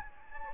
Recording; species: mosquito wingbeat signal from an infrared sensor; Anopheles gambiae